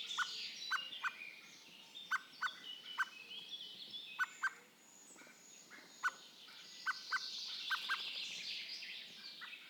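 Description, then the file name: Common blackbird giving sharp, clicking calls, repeated irregularly, over a busy high-pitched background of other sounds. "Turdus merula"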